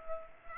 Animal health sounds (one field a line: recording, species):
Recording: mosquito wingbeat signal from an infrared sensor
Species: Culex pipiens